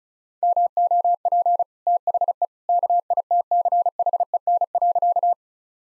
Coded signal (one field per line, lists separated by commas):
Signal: Morse code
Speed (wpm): 34 wpm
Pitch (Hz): 700 Hz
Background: none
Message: MOP THE KITCHEN.